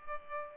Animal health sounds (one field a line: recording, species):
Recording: mosquito wingbeat signal from an infrared sensor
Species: Culex pipiens